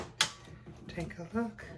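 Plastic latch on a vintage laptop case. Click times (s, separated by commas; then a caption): 0.2 s. A plastic latch beside the floppy drive on a vintage Apple PowerBook 145 laptop is operated and pops open with a sharp click at 0.2 s, releasing the latch. Someone talks afterward.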